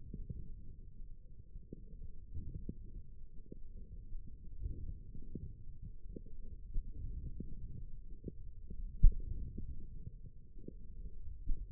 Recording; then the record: forearm muscle sounds (acoustic myography)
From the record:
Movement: forearm supination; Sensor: system 1, eight BSWA MPA416 microphones around the upper forearm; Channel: 4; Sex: male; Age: 20 years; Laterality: left